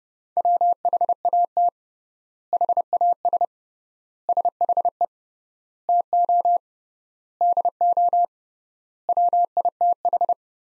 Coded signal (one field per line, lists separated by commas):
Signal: Morse code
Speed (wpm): 32 wpm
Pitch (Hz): 700 Hz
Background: none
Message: WHAT HAS SHE TO DO WITH